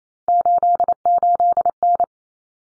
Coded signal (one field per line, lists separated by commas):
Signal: Morse code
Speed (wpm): 28 wpm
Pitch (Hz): 700 Hz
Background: none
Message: 88N